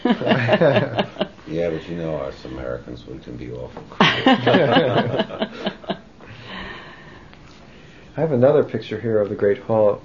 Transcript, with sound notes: Yeah, but you know us Americans. We can be awful. ( they laugh )
I have another picture here of the Great Hall.